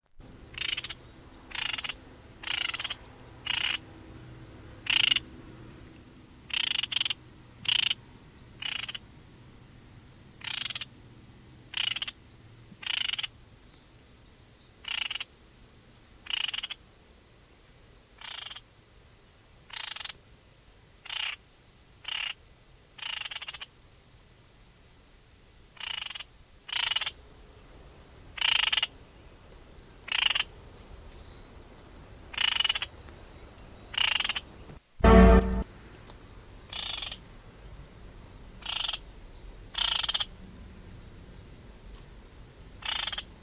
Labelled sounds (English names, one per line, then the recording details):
Great Reed Warbler alarm call
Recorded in the wild
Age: adult
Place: Baiersdorf, Bayern, DE
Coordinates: 49.6589, 11.0172
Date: 1967
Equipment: Original, Vollspur
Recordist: Tretzel, Erwin